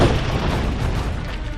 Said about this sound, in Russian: В этот момент корпус Улисса потряс глухой взрыв.